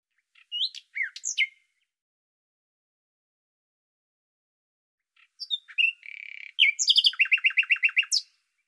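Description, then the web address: Bird song: scattered sharp, sweeping chirps, then after a pause a phrase with a buzzy note leading into a rapid repeated trill. "Deverinetal 2025"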